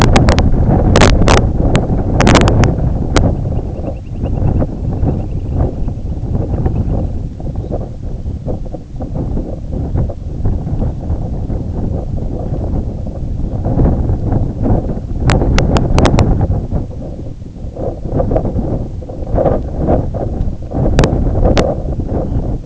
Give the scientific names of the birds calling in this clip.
Calidris pusilla